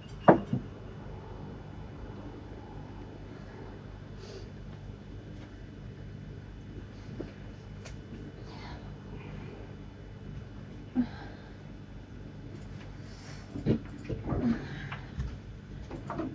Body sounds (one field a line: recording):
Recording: background sound without coughing